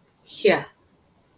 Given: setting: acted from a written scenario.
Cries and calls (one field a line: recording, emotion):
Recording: vocal sound without words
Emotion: contempt